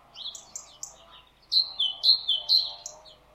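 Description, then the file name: Great tit chips and high notes leading into several ringing two-note phrases, each high then lower, delivered rapidly. "Parus major"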